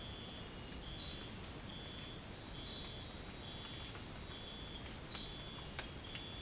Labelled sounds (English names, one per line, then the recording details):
none
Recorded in dense forest near Puerto Asís, Putumayo, Colombia, on 30 June 2025 at 04:00
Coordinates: 0.503, -76.323
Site G059